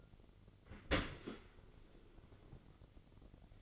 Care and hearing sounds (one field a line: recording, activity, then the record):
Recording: daily activity, microphone in the room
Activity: open dishwasher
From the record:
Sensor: 4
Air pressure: 1003.9 hPa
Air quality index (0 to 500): 154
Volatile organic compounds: 2 ppm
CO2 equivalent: 1094 ppm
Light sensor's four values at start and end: 21/49/20/21 and 22/53/22/23